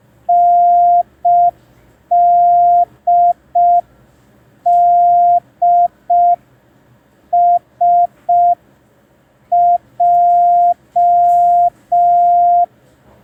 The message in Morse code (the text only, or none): NDDSJ